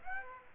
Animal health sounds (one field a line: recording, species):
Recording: mosquito wingbeat signal from an infrared sensor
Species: Aedes aegypti